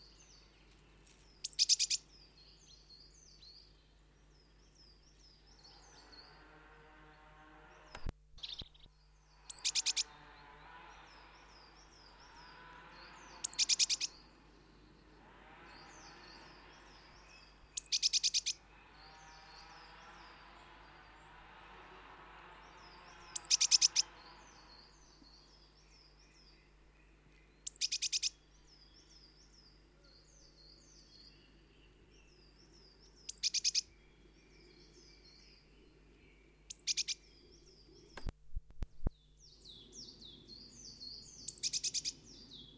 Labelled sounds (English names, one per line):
Great Tit alarm call